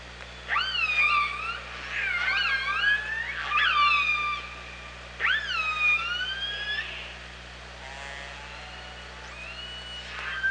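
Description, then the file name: Orca calls in a busy sequence: several loud rising harmonic calls, then quieter wavering calls later, with a steady low hum beneath. Recorded by OrcaLab on 24 August 2017 at about 07:50. "Orca Lab UTLN JASON 20170824 075013"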